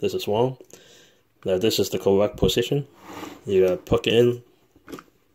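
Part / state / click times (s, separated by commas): toy robot part into figure body / seated / 4.9 s, 5.0 s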